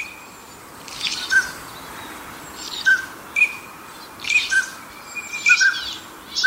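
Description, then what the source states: Northern pintail calls: brief piping whistles repeated at irregular intervals, interspersed with breathy, hissing wheezes. Recorded in the suburbs of Tokyo, Japan.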